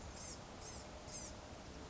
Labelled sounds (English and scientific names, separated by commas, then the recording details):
Blue-gray Gnatcatcher (Polioptila caerulea)
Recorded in Sonoma County, California